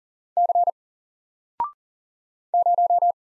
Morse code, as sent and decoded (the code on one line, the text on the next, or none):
-.-. / -----
C 0